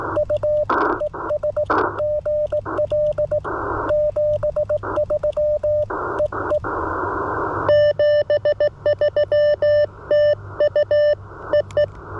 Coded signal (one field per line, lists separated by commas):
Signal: Morse code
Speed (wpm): 18 wpm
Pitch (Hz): 600 Hz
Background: radio noise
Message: U ES GL 73 EE 73TU EE